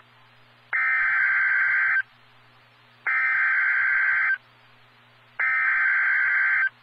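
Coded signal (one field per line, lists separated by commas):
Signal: Emergency Alert System (SAME) tones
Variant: header bursts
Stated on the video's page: Real NOAA Weather Radio severe thunderstorm warning.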